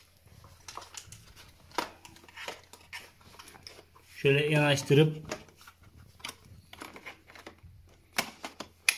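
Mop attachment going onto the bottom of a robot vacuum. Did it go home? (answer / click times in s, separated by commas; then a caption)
yes / 8.9 s. Someone talks while a plastic mopping attachment is brought up to the underside of a robot vacuum and pushed on, with scattered light clicks and rustling handling sounds. A sharp, loud hit at 8.9 s marks the mop module snapping into place on the vacuum.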